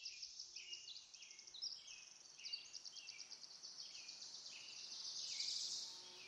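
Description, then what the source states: Birds chirping in a soft, steady series of short high notes and trills, growing denser toward the end over continuous hiss. Birds in a backyard; ambient nature sounds.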